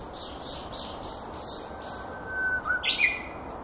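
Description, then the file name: Japanese bush warbler song, a long thin whistled note followed by a quick warbled flourish; soft high chirps earlier, steady background hiss. "uguisu"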